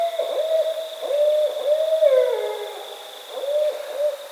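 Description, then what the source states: Barred owl hooting: a few short hoots, then a longer drawn-out hoot that slurs downward at the end, followed by another hoot; a faint steady high whine underneath. Recorded on 22 October 2010.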